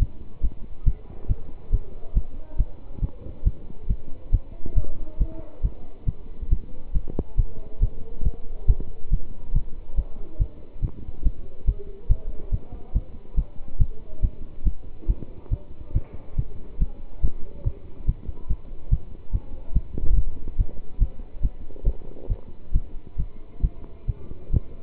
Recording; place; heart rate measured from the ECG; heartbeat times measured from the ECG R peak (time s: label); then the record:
heart sounds by stethoscope; between the tricuspid and mitral areas; 139 bpm
0.41 s: heartbeat
0.85 s: heartbeat
1.28 s: heartbeat
1.71 s: heartbeat
2.14 s: heartbeat
2.57 s: heartbeat
3.01 s: heartbeat
3.44 s: heartbeat
3.87 s: heartbeat
4.31 s: heartbeat
4.75 s: heartbeat
5.18 s: heartbeat
5.62 s: heartbeat
6.06 s: heartbeat
6.49 s: heartbeat
6.92 s: heartbeat
7.36 s: heartbeat
7.80 s: heartbeat
8.23 s: heartbeat
8.67 s: heartbeat
9.10 s: heartbeat
9.53 s: heartbeat
9.95 s: heartbeat
10.38 s: heartbeat
10.81 s: heartbeat
11.23 s: heartbeat
11.65 s: heartbeat
12.08 s: heartbeat
12.51 s: heartbeat
12.93 s: heartbeat
13.35 s: heartbeat
13.78 s: heartbeat
14.21 s: heartbeat
14.64 s: heartbeat
15.07 s: heartbeat
15.50 s: heartbeat
15.93 s: heartbeat
16.36 s: heartbeat
16.79 s: heartbeat
17.21 s: heartbeat
17.64 s: heartbeat
18.06 s: heartbeat
18.48 s: heartbeat
18.90 s: heartbeat
19.32 s: heartbeat
19.73 s: heartbeat
20.07 s: heartbeat
20.57 s: heartbeat
20.99 s: heartbeat
21.41 s: heartbeat
21.84 s: heartbeat
22.28 s: heartbeat
22.72 s: heartbeat
23.16 s: heartbeat
23.61 s: heartbeat
24.06 s: heartbeat
24.51 s: heartbeat
From the record:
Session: pedaling a stationary bicycle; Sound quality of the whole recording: good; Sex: male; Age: 27 years